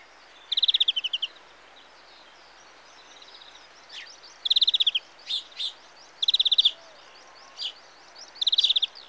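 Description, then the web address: European greenfinch calls: short, rapid buzzy trills of fast-pulsed notes, given four times in nine seconds, with softer chirps and brief notes scattered between them. "BBC Sound Effects Library. Greenfinch (Carduelis Chloris)"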